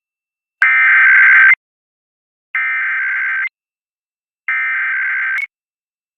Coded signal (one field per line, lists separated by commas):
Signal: Emergency Alert System (SAME) tones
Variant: header bursts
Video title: June Required Monthly EAS Test Arizona on 3 (2 depending on country) tv channels